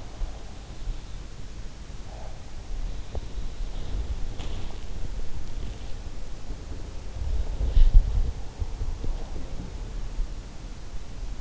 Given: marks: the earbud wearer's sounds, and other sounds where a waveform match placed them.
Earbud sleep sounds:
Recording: sounds in sleep by an in-ear microphone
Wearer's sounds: body movement, snoring breath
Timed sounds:
2.99-11.41 s: body movement
7.55-9.32 s: snoring breath

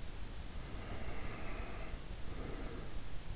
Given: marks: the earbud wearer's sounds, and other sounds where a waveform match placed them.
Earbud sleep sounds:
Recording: sounds in sleep by an in-ear microphone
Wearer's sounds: breath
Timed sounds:
0.60-3.05 s: breath

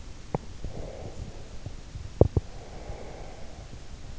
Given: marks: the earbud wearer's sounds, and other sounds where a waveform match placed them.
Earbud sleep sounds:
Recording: sounds in sleep by an in-ear microphone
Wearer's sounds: breath, teeth grinding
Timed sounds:
0.32-1.84 s: breath
2.03-2.65 s: teeth grinding
2.54-4.04 s: breath

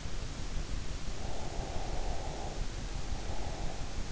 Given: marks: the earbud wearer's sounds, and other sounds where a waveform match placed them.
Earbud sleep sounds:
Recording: sounds in sleep by an in-ear microphone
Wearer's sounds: breath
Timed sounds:
1.30-3.80 s: breath

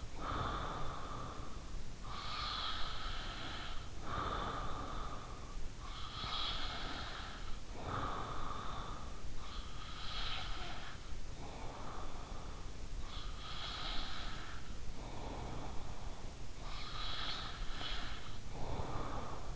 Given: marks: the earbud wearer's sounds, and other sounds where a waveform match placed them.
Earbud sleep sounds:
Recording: sounds in sleep by an in-ear microphone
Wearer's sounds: breath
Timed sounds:
0.00-19.56 s: breath

